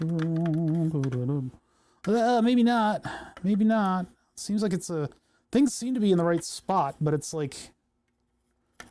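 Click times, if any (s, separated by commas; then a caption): none. Someone talks while test-fitting an internal component, apparently a circuit board, into a MIDI pad enclosure, with a short tap near the end at about 8.8 s. The component does not fit because there isn't enough space for it, and nothing has seated or clicked yet.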